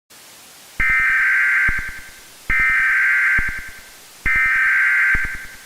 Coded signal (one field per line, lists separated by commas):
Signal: Emergency Alert System (SAME) tones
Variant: header bursts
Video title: Come Outside (EAS Scenario)